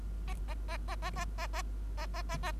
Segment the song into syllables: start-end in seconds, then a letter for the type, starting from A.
0.27-0.34 A, 0.48-0.54 A, 0.68-0.77 A, 0.88-0.95 A, 1.02-1.10 A, 1.16-1.25 A, 1.38-1.47 A, 1.53-1.62 A, 1.97-2.06 A, 2.14-2.22 A, 2.29-2.37 A, 2.43-2.52 A